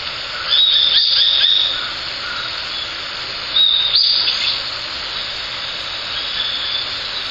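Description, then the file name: Japanese sparrowhawk with two short bursts of shrill, rapid kik notes a few seconds apart, over a steady background hiss. "ツミ 1505311608 遠藤"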